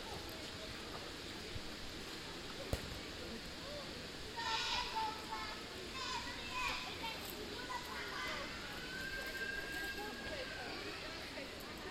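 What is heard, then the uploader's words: Kids play on the Rabbijn Maarsenplein over a steady low rumble of traffic. From about four seconds, voices and shouts come in short bursts, with a sharp knock near the three-second mark and a thin rising whistle-like tone around nine to ten seconds. Kids playing on the Rabbijn Maarsenplein.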